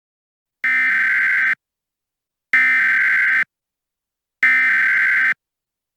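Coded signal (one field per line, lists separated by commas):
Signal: Emergency Alert System (SAME) tones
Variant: header bursts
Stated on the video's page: Fake EAS scenario made with Audacity; simulated, not a real alert.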